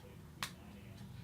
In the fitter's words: and on the bottom here you just push it against the side you should hear a little clicking sound